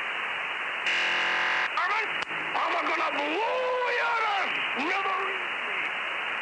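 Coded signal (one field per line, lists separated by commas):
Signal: radio ID data burst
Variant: Yosemite Sam station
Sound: short buzzy data burst, then a cartoon voice shouting through radio static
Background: radio static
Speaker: a Yosemite Sam transmission sounds like this be sure to listen for the data burst before Yosemite Sam speaks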